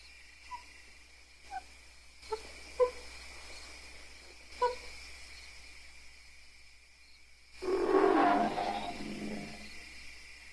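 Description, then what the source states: Ape vocalising, a few faint short yelps, then a loud, rough, growling scream bursting out near the end and fading away. Long, angry screaming and growling.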